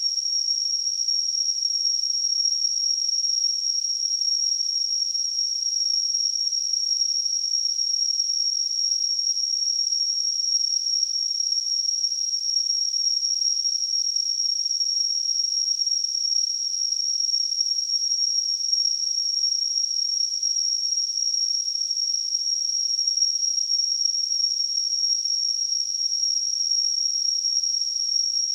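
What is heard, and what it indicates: A steady, very high-pitched whistling tone with a soft hiss around it holds unchanged for about 29 seconds, with no pauses or pulsing. It is a simulation of tinnitus, the ringing or hissing that a person with this condition hears in the ears.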